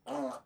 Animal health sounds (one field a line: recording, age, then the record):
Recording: pig call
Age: piglet (1 to 25 days)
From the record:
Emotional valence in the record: negative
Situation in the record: restrain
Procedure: back test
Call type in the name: low-frequency call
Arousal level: low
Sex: male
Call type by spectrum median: low-frequency call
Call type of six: low-frequency stable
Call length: 0.46 s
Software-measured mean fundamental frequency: 74 Hz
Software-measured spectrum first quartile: 362 Hz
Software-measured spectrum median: 588 Hz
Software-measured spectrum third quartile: 875 Hz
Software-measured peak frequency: 656 Hz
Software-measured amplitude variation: 179 dB a second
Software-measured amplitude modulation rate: 17.5 a second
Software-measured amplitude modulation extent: 10.2 dB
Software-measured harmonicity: 2.0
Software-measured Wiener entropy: -0.30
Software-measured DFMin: 1289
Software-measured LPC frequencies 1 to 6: 609, 3011, 4115, 6113, 8229, 8840 Hz